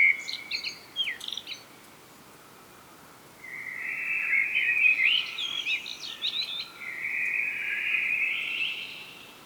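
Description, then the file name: Common blackbird singing: quick high twitters, a pause, then two long rich warbling phrases, the first ending in scratchy high notes; light background hiss. "Turdus merula"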